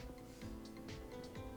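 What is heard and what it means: The hop-up unit of a Heretic Labs Article 1 airsoft rifle, a $2000 build, is handled against the inner barrel assembly with the bucking fitted, ready to be locked into place. Steady tonal music plays throughout, with faint ticks and a slightly louder soft knock around 1.4 s. Nothing has seated or clicked yet.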